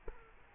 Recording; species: mosquito wingbeat signal from an infrared sensor; Culex quinquefasciatus